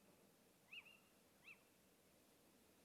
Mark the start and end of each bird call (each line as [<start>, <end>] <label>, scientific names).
[0.66, 0.96] Athene noctua
[1.40, 1.63] Athene noctua